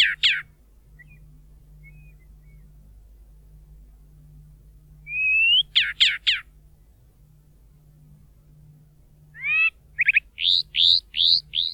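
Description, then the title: Chalk-browed mockingbird song in scattered phrases: sharp notes, a rising whistle, a few harsh notes, then a string of repeated whistled slurs, over a faint constant hum. Most common mockingbird of the Bahía Blanca area, Argentina; noted for singing and imitating other birds, noises and human whistles; breeds spring to summer; in wooded areas, open woodland, fields, plazas, settlements. "Museo de Ciencias de Bahía Blanca - PdA - Calandria Grande"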